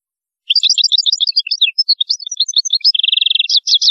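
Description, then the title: European goldfinch song: one continuous rapid jumble of bright twitters, a dry buzzy trill near the end, then a few sharp chirps. "Chant Chardonneret"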